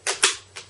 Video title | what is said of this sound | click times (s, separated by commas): UTG M3 Tri-shot Shotgun Review + Action Mini Movie | clicks into place, lock it up, and you're good to go. | 0.2 s